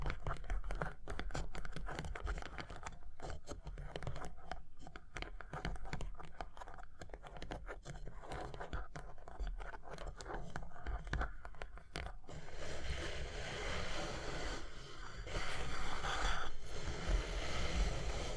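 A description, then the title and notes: Dense, irregular tapping and scratching clicks fill the first twelve seconds, then give way to a louder, brighter, steadier rough scraping until the end. Tapping and Scratching (No Talking).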